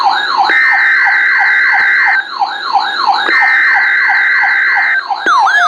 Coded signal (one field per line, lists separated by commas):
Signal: Emergency Alert System (SAME) tones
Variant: header bursts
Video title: DOUBLE HEADER! Severe Thunderstorm Watch #383 Expansion (EAS #1,573-1,574)